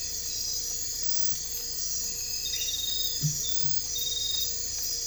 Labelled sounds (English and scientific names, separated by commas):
none